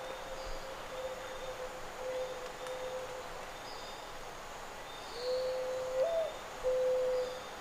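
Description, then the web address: Zenaida dove cooing: a long faint steady coo, then louder hollow coos near the end, one with a brief upward lift, over a soft hiss. "sound zenaida-doves. صدای-کبوتر-زینایدا"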